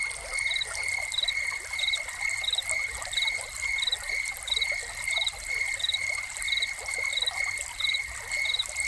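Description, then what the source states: Cricket trilling steadily with brief pulsed chirps recurring at a regular pace, set against a wash of splashing, trickling water. Crickets recorded together with a running fountain.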